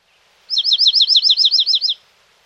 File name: dark eyed junco